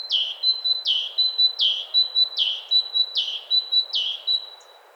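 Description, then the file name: Great tit steadily repeating a two-note phrase, a thin high whistle and a sharper falling note, six times in five seconds over light background hiss. "Parus major"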